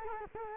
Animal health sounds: mosquito wingbeat signal from an infrared sensor; Culex quinquefasciatus

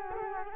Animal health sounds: mosquito wingbeat signal from an infrared sensor; Culex quinquefasciatus

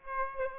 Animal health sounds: mosquito wingbeat signal from an infrared sensor; Aedes aegypti

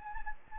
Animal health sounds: mosquito wingbeat signal from an infrared sensor; Anopheles gambiae

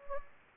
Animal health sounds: mosquito wingbeat signal from an infrared sensor; Anopheles gambiae

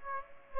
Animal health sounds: mosquito wingbeat signal from an infrared sensor; Aedes aegypti

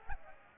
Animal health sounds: mosquito wingbeat signal from an infrared sensor; Aedes aegypti

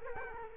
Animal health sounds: mosquito wingbeat signal from an infrared sensor; Culex quinquefasciatus

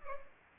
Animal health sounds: mosquito wingbeat signal from an infrared sensor; Culex pipiens

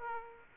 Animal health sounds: mosquito wingbeat signal from an infrared sensor; Aedes aegypti

